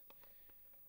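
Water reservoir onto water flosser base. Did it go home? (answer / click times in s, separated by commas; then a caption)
yes / 0.1 s. A filled plastic water reservoir is placed back on top of an Oilsao water flosser base and pressed down, seating with a sharp click at 0.1 s. A softer tap follows at about 0.2 s, and faint knocks come at about 0.5 s and 0.7 s over a quiet background. The reservoir is seated on the base.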